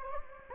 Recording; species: mosquito wingbeat signal from an infrared sensor; Anopheles gambiae